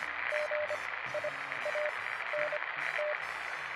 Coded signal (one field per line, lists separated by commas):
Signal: Morse code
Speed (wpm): 25 wpm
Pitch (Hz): 600 Hz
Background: radio noise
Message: GIANT